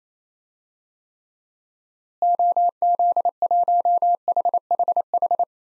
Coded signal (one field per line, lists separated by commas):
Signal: Morse code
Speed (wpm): 28 wpm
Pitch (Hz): 700 Hz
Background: none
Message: OZ1HHH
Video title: DXCC-100 Call Signs - 6 Character Repeated 2x - 28wpm